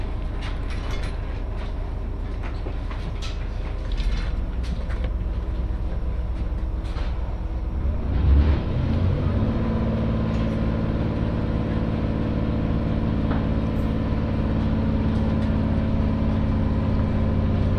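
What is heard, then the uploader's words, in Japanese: A train ride on the Muroran Main Line, from Koboro to Toya. A steady, heavy low rumble runs throughout, with sharp clicks and knocks in the first eight seconds. Around eight seconds a swell hits, and a humming engine drone rises and holds through the end. 耳で楽しむ鉄道旅 室蘭本線 小幌→洞爺。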